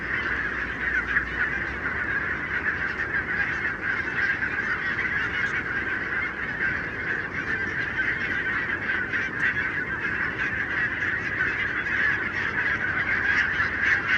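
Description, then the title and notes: Barnacle goose: barnacle geese in a huge flock, countless overlapping yelping calls merging into an unbroken, roaring chatter throughout. Flock of 20,000 on wintering grounds, Renesse, Netherlands, 12 January 2009, winter; recorded with Nagra LB and Telinga P7. "Renesse - Pays-bas. 20 000 Bernache nonnette ( Branta leucopsis) en Hollande"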